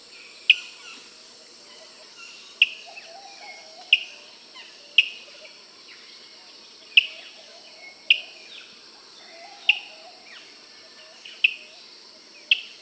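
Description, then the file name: Graceful honeyeater calling with crisp, high single notes, each followed by a brief falling slur, repeated about every one to two seconds over a constant insect drone. "Meli Grac"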